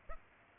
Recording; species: mosquito wingbeat signal from an infrared sensor; Aedes aegypti